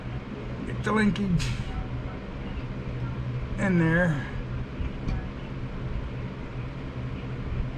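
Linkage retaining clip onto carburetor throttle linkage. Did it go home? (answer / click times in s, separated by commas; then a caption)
no / none. A small linkage retaining clip is lined up over the carburetor throttle linkage of a surging Husqvarna 1538 with a Kohler engine, before being pushed down. Someone talks briefly around 1 s and again near 4 s over a steady low hum. Nothing has clicked or seated yet.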